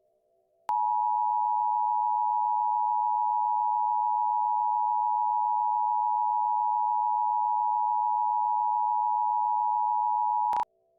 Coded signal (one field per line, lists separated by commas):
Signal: Emergency Alert System (SAME) tones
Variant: 853 and 960 Hz attention tone